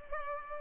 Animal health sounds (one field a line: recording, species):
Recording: mosquito wingbeat signal from an infrared sensor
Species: Culex pipiens